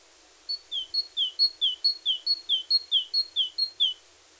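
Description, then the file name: Great tit singing a steady run of about eight two-note phrases, each a short higher note followed by a lower slurred one, over faint background hiss. "Parus major"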